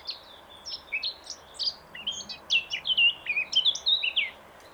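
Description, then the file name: Eurasian blackcap song: chattering, scratchy notes build into a louder, clearer warbled phrase of fluting slides toward the close. "Sylvia atricapilla"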